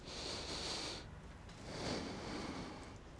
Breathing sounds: one breath in and out by a microphone near the nose and mouth; deep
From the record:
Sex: male

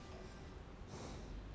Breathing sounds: one breath in and out by a microphone near the nose and mouth; normal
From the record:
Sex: male

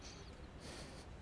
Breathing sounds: one breath in and out by a microphone near the nose and mouth; strong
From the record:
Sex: male

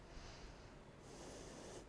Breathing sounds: one breath in and out by a microphone near the nose and mouth; normal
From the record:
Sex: female

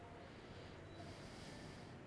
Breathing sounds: one breath in and out by a microphone near the nose and mouth; normal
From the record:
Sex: male

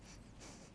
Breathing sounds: one breath in and out by a microphone near the nose and mouth; strong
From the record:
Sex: male

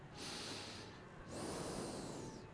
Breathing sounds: one breath in and out by a microphone near the nose and mouth; normal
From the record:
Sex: male

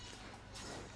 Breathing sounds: one breath in and out by a microphone near the nose and mouth; strong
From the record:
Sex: male

